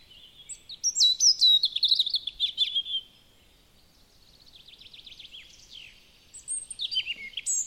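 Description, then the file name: European robin song: a bright, varied phrase of sweet notes and descending trills, followed by a softer rapid trill and another high phrase near the end. "Erithacus rubecula"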